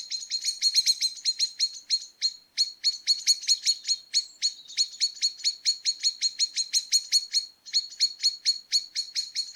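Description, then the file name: Common blackbird rattling almost nonstop, quick harsh clicking notes repeated in long runs with only brief pauses. "Turdus merula"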